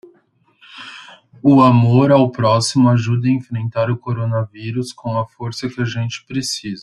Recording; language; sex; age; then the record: spoken sentence; Brazilian Portuguese; male; 20 to 29 years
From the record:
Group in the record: control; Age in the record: 29 years